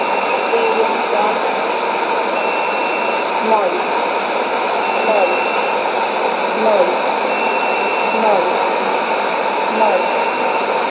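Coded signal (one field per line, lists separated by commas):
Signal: numbers station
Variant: S06s, Russian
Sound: faint female voice reading short, evenly spaced Russian words through heavy shortwave hiss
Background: radio static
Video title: 29 11 2017 Numbers station S06s Russian Lady in Russian to Eu 0840 on 11535 unknown tx site in CUSB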